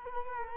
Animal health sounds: mosquito wingbeat signal from an infrared sensor; Culex quinquefasciatus

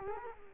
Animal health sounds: mosquito wingbeat signal from an infrared sensor; Culex quinquefasciatus

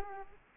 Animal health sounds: mosquito wingbeat signal from an infrared sensor; Aedes aegypti

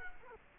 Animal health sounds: mosquito wingbeat signal from an infrared sensor; Culex quinquefasciatus

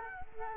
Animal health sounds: mosquito wingbeat signal from an infrared sensor; Culex quinquefasciatus

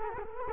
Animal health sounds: mosquito wingbeat signal from an infrared sensor; Culex quinquefasciatus

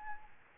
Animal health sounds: mosquito wingbeat signal from an infrared sensor; Aedes albopictus

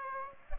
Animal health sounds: mosquito wingbeat signal from an infrared sensor; Aedes aegypti

